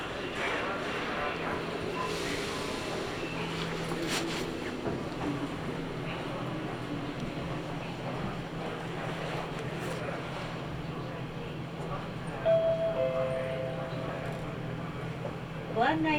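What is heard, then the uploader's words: A ride on the Nagoya Railroad Mikawa Line, with a steady low rumble of the train running throughout. Voices murmur in the background, and a few brief clanks and knocks come through, with a short high tone near twelve seconds and a sharper sound at the end. Nagoya Railroad Mikawa Line Chiryu to Hekinan.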